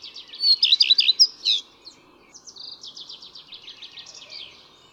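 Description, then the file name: Common redstart song with quick repeated dipping notes and a sharp high flourish, followed by a softer, rapid series of scratchy notes. "Pleszka"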